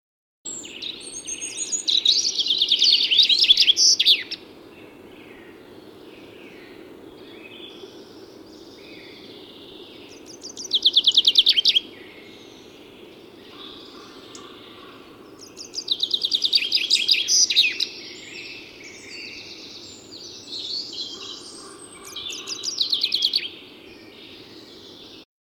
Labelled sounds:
Common Chaffinch (Fringilla coelebs) song
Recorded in the wild
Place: Feldberger Seenlandschaft, Mecklenburg-Vorpommern, DE
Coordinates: 53.417, 13.5
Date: 1984-04-15 10:00
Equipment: Nagra III BH, Sennheiser MD 21, parabola
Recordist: Schubert, Michael
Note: Gesang Buchfink an seiner Reviergrenze

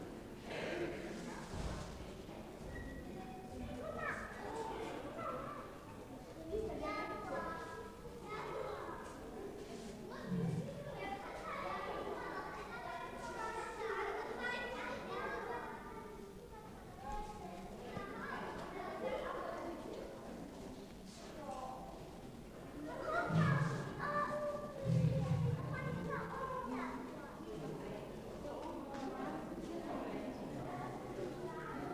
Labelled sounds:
Leopard (Panthera pardus) call
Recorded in captivity
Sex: female
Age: adult
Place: Zoo Berlin, Berlin, DE
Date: 1960-04-03
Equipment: Reporter (Vollspur)
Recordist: TSA

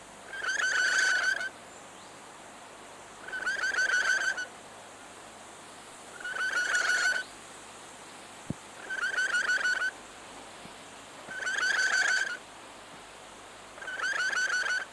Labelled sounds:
Yellow-bibbed Lory (Lorius chlorocercus) call
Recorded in captivity
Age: adult
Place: Tierpark Berlin, Berlin, DE
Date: 2004-09-14 18:40
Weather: sonnig, 20°C
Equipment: Sony WM-D6C, Sennheiser ME 80, Kopie Uher 4000 Report Monitor
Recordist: Tembrock, Günter
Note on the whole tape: Am Gitter: Lautfolgen (Entfernung 10 cm)

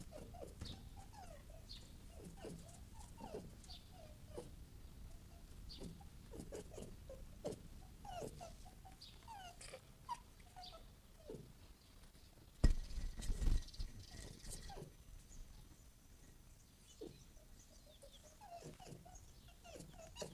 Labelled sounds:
Red Fox (Vulpes vulpes)
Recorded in captivity
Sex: male
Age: adult
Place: Zoologisches Institut der HUB, Berlin, DE
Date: 1959-05-08 11:00
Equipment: 19 cm Vollspur
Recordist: Tembrock, Günter
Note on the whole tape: Rüde Jean: Muffen mit Fleisch, läuft dabei umher. Kleine Freianlage im Zoologischen Institut der HUB, Abstand ca. 1 bis 2 m

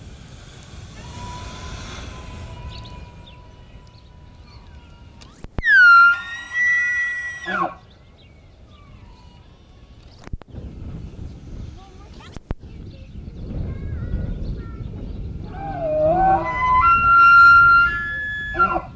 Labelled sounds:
Wapiti (Cervus canadensis)
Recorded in captivity
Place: Tierpark Berlin, Berlin, DE
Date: 1974-09-28
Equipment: Uher 4200 Report Stereo, Sennheiser MD 421, Verstärker
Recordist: Tembrock, Günter

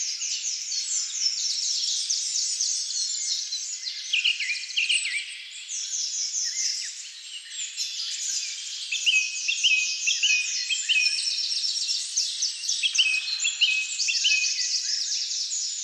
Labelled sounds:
Song Thrush (Turdus philomelos) song
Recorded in the wild
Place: Lilienhof / Kaiserstuhl, Baden-Württemberg, DE
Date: 2000-03-25
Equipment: MiniDisc Sharp MT 20 H
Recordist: Schwarz, Dieter

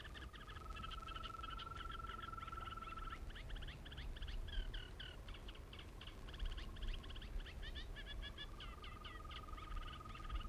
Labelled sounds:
Green Toad (Bufo viridis) call
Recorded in the wild
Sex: male
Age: adult
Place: Berlin, OT Blankenfelde, Berlin, DE
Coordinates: 52.6167, 13.3833
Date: 1960-05-29
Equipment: Reporter, Vollspur
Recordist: Günther, Rainer

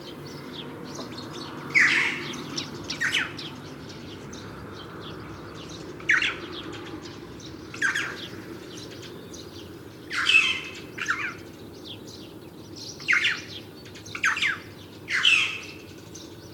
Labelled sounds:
Red-billed Chough (Pyrrhocorax pyrrhocorax) call
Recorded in the wild
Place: Ulan Bator, MN
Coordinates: 47.886, 106.906
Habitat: Park
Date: 1979-06-05
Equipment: Nagra III BH, Sennheiser MD 21, parabola
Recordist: Schubert, Michael
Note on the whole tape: Rufe Alpenkrähe

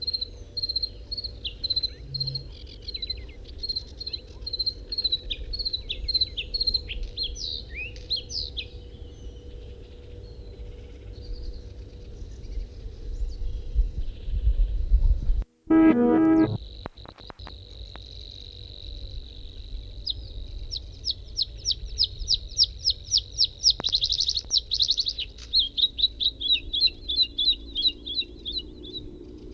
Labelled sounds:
Bluethroat (Luscinia svecica) song
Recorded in the wild
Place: Kremmen, Brandenburg, DE
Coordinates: 52.769, 13.001
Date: 1971-05-04
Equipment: Nagra III BH, Sennheiser MD 21, parabola
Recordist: Schubert, Michael

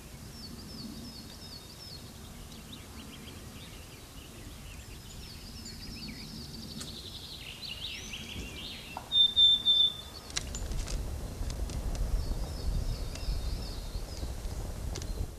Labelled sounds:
Willow Tit (Poecile montanus)
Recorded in the wild
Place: Montreux, Kanton Waadt, CH
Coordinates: 46.4517, 6.97722
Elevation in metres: 1514
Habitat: mountains
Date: 1986-05-20
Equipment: Uher 4000 Report, Sennheiser MKH 815 T
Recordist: Tretzel, Erwin

